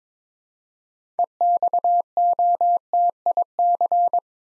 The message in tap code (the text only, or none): none